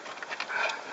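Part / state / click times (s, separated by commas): plastic dash trim panel into car dashboard / not seated / none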